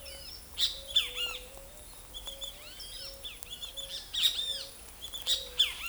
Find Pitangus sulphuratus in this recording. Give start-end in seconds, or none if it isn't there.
0.00-5.89